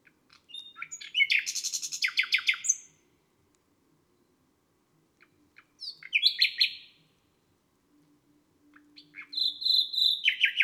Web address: Rossignol philomele. oiseaux des jardins